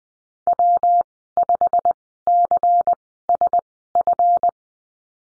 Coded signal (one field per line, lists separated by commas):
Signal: Morse code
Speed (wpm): 20 wpm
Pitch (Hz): 700 Hz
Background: none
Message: W5CSF